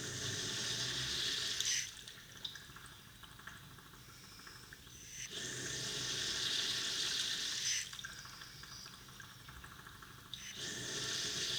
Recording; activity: daily activity, guitar pickup as the sensor; flush